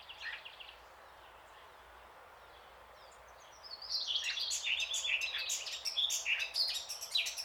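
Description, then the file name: Eurasian blackcap: a few faint notes, a pause, then a fast, bright warble of mixed twittering notes for the last few seconds. "Sylvia atricapilla"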